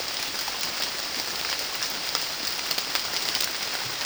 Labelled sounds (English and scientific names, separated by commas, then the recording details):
none
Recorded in secondary vegetation near Puerto Asís, Putumayo, Colombia, on 30 June 2025 at 17:00
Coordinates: 0.485, -76.322
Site GP06